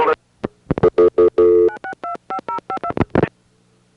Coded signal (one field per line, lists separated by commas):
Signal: DTMF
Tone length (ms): 90 ms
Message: 9625052